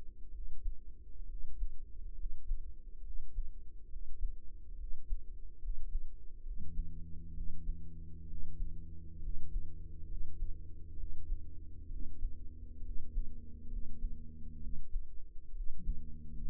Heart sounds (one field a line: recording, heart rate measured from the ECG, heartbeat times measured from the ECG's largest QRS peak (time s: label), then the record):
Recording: heart sounds by microphone in the right ear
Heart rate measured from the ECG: 67 bpm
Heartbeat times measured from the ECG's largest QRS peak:
0.29 s: heartbeat
1.24 s: heartbeat
2.13 s: heartbeat
3.00 s: heartbeat
3.86 s: heartbeat
4.74 s: heartbeat
5.57 s: heartbeat
6.41 s: heartbeat
7.31 s: heartbeat
8.24 s: heartbeat
9.18 s: heartbeat
10.04 s: heartbeat
10.93 s: heartbeat
11.86 s: heartbeat
12.79 s: heartbeat
13.66 s: heartbeat
14.57 s: heartbeat
15.50 s: heartbeat
16.38 s: heartbeat
From the record:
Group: healthy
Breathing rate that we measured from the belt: 16 breaths a minute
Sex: male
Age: 20 years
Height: 167 cm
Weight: 61 kg